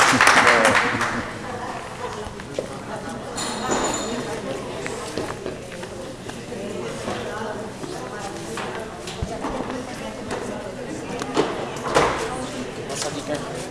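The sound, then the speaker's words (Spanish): A steady burst of applause, dense and crackling, with many hands clapping unevenly for over ten seconds, along with scattered voices and cheering mixed into the clatter. “Y un aplauso también para todo el mundo que por fin que yo nos vemos y hablamos y que nos ha costado la misma vida.”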